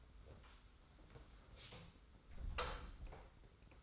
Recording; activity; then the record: daily activity, microphone in the room; close door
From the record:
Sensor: 3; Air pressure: 991.6 hPa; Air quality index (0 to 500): 138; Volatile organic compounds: 276 ppm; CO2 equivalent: 4426 ppm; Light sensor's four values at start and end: 42/117/47/41 and 42/117/47/41